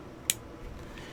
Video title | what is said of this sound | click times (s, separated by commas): Glock 42 walkthrough disassembly and reassembly | And once you hear that click, now you can't push it out from either side | 0.3 s